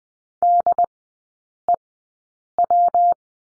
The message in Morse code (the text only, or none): DEW